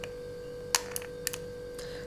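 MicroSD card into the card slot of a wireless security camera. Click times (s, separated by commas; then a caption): 0.8 s. A microSD card is pushed into the card slot underneath a Victure PC650 wireless security camera until the spring latch catches. It clicks into place at 0.8 s, followed by a few fainter ticks, over a steady hum. The card is seated.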